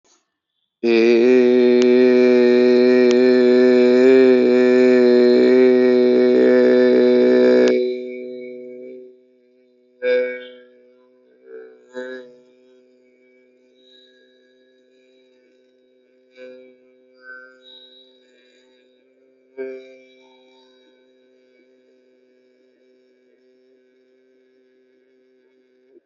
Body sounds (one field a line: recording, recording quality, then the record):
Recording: sustained vowel as in made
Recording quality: excellent, no background noise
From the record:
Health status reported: healthy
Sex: male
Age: 30 years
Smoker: yes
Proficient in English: yes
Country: India